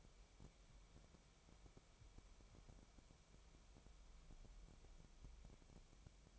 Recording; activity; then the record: daily activity, microphone in the room; wipe stove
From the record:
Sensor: 1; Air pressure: 1000.6 hPa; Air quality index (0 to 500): 184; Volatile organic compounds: 4 ppm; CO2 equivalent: 1700 ppm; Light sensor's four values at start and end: 12/29/12/14 and 12/29/12/14